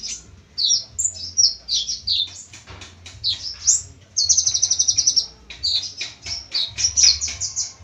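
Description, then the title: Small bird singing varied high chirps and slurred notes, with one fast rattling trill midway and busy chattering after it. "Burung Kecil"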